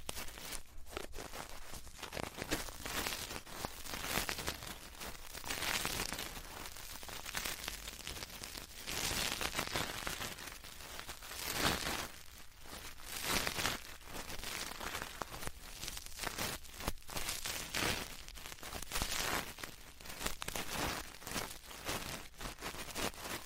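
Ear cleaning and ear touching make a dense, rustling scratch that runs the whole time without a break. The crinkly rubbing swells and fades every second or two, with brighter bursts around 6, 9 and 12 seconds, over a steady low rumble.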